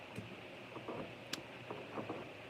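Plastic cap pieces are pressed onto the back of a model kit part. Against faint handling taps and a steady background hiss, a sharp bright snap at 1.3 s marks the cap seating, followed by a quieter tap at 1.7 s.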